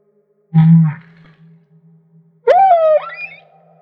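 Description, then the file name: Humpback whale song units: a brief low grunt, then a sharp upswept cry that wavers and fades. Maui. "Humpback Whale - Maui Whale One"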